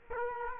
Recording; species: mosquito wingbeat signal from an infrared sensor; Culex quinquefasciatus